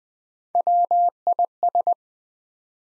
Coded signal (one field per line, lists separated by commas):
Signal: Morse code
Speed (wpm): 20 wpm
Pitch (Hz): 700 Hz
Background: none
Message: WIS